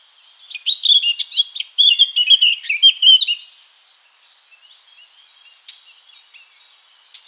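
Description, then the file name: Eurasian blackcap gives a quick, jumbled warbling phrase of about three seconds, followed by quiet with a few faint bird notes. "Sylvia atricapilla"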